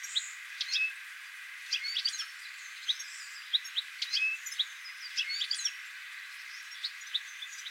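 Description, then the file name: European goldfinch giving bright, tinkling twitters and short chirps in irregular bursts, some overlapping, over a steady faint hiss. "Carduelis carduelis"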